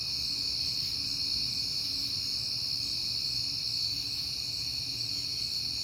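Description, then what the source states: Crickets keep up a constant shrill, even-toned trill that never pauses, with a faint low background rumble. Crickets at night in September, on a peaceful night.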